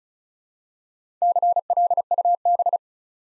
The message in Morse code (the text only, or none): CLUB